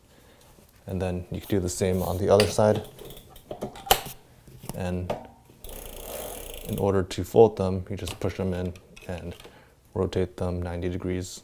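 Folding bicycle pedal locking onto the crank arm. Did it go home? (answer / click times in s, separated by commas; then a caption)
yes / 3.9 s. Someone talks while unfolding the second folding pedal on a Ride1Up Portola folding ebike: the pedal is pulled out, pushed in and rotated a few degrees on the crank arm. A single sharp click at 3.9 s marks it locking into its unfolded riding position, followed by a few quieter handling clicks.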